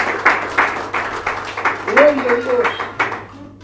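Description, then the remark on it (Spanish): An audience claps steadily in a dense, crackling burst of applause lasting several seconds, giving applause to Jesus during a sermon, with a voice calling out over the clapping partway through. “Vamos a dar un aplauso a Jesús.”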